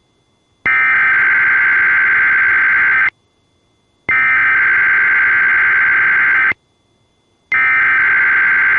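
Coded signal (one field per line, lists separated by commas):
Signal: Emergency Alert System (SAME) tones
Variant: header bursts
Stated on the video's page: Required Weekly Test on a weather radio station.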